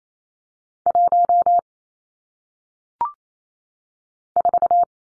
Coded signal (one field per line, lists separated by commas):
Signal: Morse code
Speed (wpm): 28 wpm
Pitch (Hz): 700 Hz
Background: none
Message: 1 4